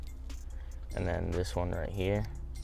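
The second plug of a JB4 piggyback tuner harness is handled near the matching turbo sensor connector on a Q50/Q60 while someone talks, with a few faint plastic ticks at about 0.1, 0.3 and 2.6 seconds. The connector has not been pushed home, and nothing has seated or clicked yet.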